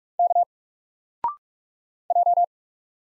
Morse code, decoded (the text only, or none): K J